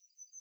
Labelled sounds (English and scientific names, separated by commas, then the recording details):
Yellowhammer (Emberiza citrinella) song
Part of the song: start
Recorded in the Czech Republic on 19 May 2013
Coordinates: 49.208, 17.843
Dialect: B?
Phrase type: A79
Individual 297552